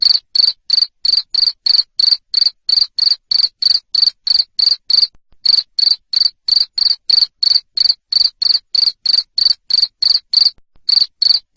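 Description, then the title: Cricket producing a loud, steady train of shrill chirps, around three a second, with brief pauses near the middle and end. Loud chirping of a cricket, played to make lovebirds sing ngekek continuously. "Suara JANGKRIK NGERIK Keras Bikin LOVEBIRD Jadi NGEKEK Terus Vubey"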